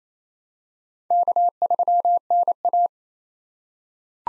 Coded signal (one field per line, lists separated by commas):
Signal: Morse code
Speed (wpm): 28 wpm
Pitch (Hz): 700 Hz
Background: none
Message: K3NA